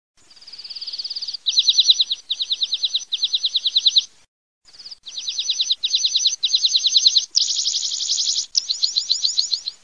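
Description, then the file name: Red-throated pipit giving high, thin trilled phrases, rapid series of sharp descending notes in short bursts, with a short pause midway. "PISPOLAGOLAROSSA"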